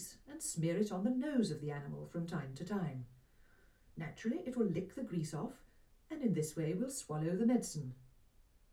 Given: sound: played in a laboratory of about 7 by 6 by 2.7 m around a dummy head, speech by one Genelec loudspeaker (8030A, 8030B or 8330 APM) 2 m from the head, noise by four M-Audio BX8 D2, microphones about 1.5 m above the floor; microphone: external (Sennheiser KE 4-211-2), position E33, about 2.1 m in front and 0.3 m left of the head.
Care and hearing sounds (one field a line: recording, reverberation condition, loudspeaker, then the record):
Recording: female speech in English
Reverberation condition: low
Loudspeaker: 150 degrees to the right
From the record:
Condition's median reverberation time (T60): about 310 ms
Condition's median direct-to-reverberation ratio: about 3.5 dB